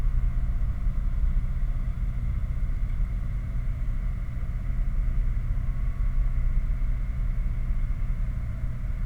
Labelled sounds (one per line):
machinery
flare stack